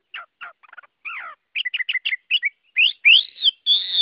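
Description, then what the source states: Chinese hwamei song of varied short notes and downslurs, rising into loud, ringing whistles toward the end. Hwamei singing in the 'giọng rừng' (forest voice) song style.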